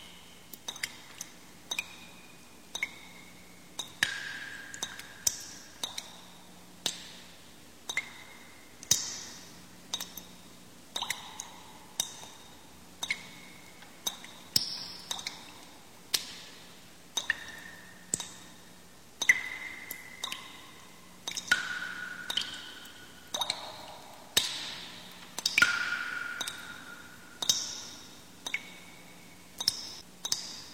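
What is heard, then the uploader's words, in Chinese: Water drips from stalactites into a cave, sharp bright plinks landing about once a second, some with a short falling pitch and a ringing tail. A faint steady low hum sits underneath. 一个被钟乳石点缀的神秘洞穴。微弱的滴水声。水滴从钟乳石上滴落，如同自然的音符。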